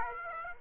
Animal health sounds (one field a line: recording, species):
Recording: mosquito wingbeat signal from an infrared sensor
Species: Aedes aegypti